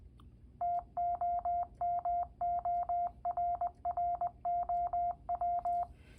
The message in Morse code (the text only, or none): TOMORROW